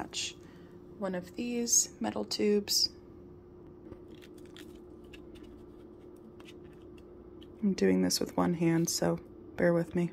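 Someone talks while picking up and handling a metal extension tube for a Hoover Commercial PortaPower lightweight canister vacuum cleaner, before pushing it into the vacuum hose handle. Only faint handling sounds are heard between about 4.2 and 7.4 seconds, over a steady low hum. Nothing has seated or clicked yet.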